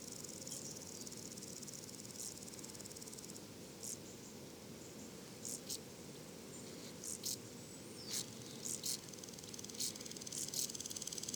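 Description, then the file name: Woodland grasshopper giving short, scratchy stridulation bursts at irregular intervals over a faint continuous high hiss, the bursts coming closer together toward the end. Duetting grasshoppers giving different long and short stridulations, recorded at le Puech, France, 32-bit, with a modified Telinga and Earsight omni microphone. "criquets noirs ebenes differentes stridulations longue breves criquets duettistes le Puech"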